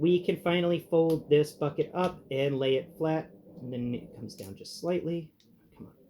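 Someone talks while folding the plastic bulldozer bucket of an SS86 Bonecrusher transforming toy up so it lies flat, easing it down slightly into vehicle mode. The bucket is handled but has not snapped home, and nothing has seated or clicked yet.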